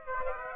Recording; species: mosquito wingbeat signal from an infrared sensor; Aedes aegypti